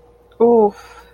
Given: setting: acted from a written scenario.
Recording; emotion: vocal sound without words; embarrassment